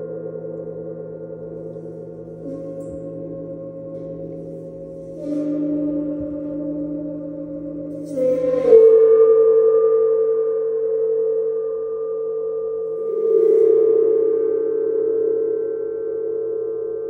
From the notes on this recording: the sounds and vibrations of the Sidereal Moon Gong